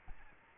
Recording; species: mosquito wingbeat signal from an infrared sensor; Aedes albopictus